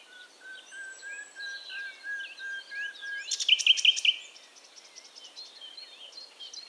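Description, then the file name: Common nightingale song: a row of soft, slowly repeated piping whistles, then a loud fast stuttering burst, with faint twittering around it. "Luscinia megarhynchos"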